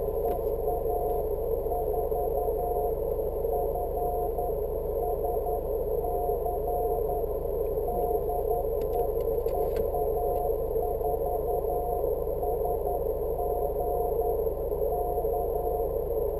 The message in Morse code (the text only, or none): EA4FSC DE EA4SG K